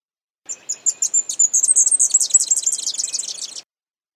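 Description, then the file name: High, sibilant leaf warbler song. Spaced chirps accelerate into a fast, dense trill of twittering notes, then stop abruptly. "suara-kicauan-burung-cikrakperi-biru omkicau"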